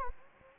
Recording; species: mosquito wingbeat signal from an infrared sensor; Anopheles gambiae